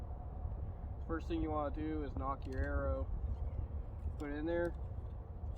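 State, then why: Not seated. An arrow's plastic nock is handled at a bowstring while someone talks over a low, steady background rumble. Nothing has seated or clicked onto the string yet.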